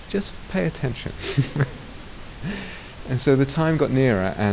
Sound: laughter

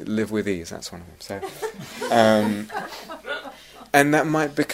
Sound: laughter

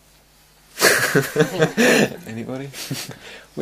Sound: laughs

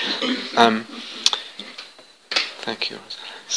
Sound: laughs

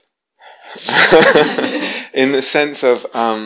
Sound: laughter

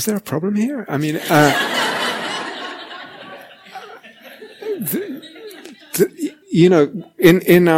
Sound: laughter

